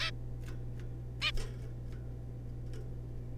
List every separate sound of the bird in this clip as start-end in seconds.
0.01-0.11, 1.22-1.31